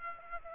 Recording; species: mosquito wingbeat signal from an infrared sensor; Aedes aegypti